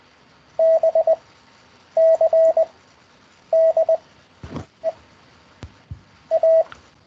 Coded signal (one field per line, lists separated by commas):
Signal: Morse code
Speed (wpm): 21 wpm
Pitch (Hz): 650 Hz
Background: none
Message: B C D E A